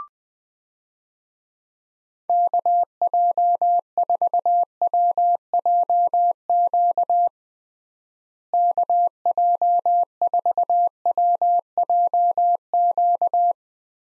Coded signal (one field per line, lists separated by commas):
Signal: Morse code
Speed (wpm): 21 wpm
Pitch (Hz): 700 Hz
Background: none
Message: KJ4WJQ KJ4WJQ